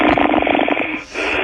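A rapid, rattling flutter of about a dozen quick pulses in under a second, followed by a short lull and a soft hiss. The sound is narrowed, as if played over a radio. This is an adult's fluttering snore, the vibration of the soft tissues of the throat.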